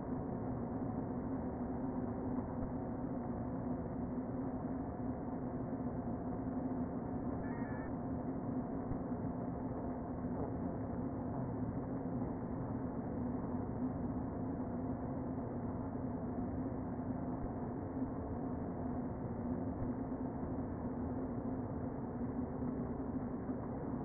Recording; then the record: honeybee colony, microphone inside the hive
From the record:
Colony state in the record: queen present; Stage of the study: before two queens were removed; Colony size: about 60,000 bees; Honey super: yes